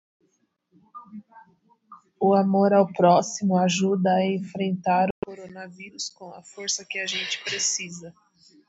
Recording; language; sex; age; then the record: spoken sentence; Brazilian Portuguese; female; 30 to 39 years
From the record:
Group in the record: control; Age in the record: 36 years